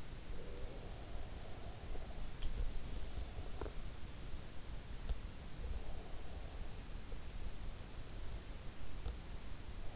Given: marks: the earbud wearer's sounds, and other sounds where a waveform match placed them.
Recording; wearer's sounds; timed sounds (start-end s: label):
sounds in sleep by an in-ear microphone; breath
0.00-3.79 s: breath